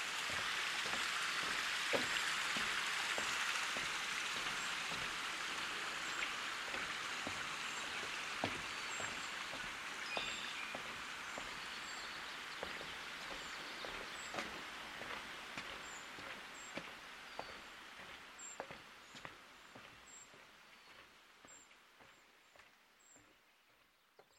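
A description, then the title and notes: On Banff's Cave and Basin Marsh Trail, a steady rushing hiss slowly fades while scattered ticks and faint high chirps continue throughout. Soundwalk Season 4: The Canadian Rockies. Banff National Park, Canada on The Banff Cave and Basin Marsh Trail.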